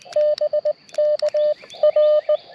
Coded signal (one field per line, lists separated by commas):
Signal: Morse code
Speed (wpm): 20 wpm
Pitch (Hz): 590 Hz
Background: none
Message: BK R